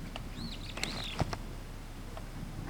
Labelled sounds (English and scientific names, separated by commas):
Superb Starling (Lamprotornis superbus) flight call